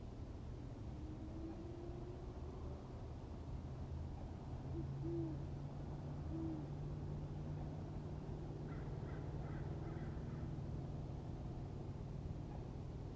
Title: Great Horned OWL Whoooing in background of Crows Cawing